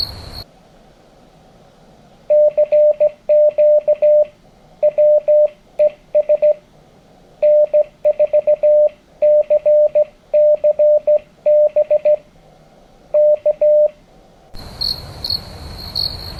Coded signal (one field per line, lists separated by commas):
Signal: Morse code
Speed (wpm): 16 wpm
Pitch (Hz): 600 Hz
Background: radio noise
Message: CQ WES N4CCB K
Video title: Why You Should Join the SKCC